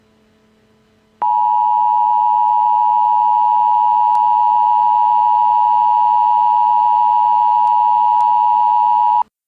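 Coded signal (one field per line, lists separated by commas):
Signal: Emergency Alert System (SAME) tones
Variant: 853 and 960 Hz attention tone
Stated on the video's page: Fictional Emergency Alert System scenario, not a real broadcast.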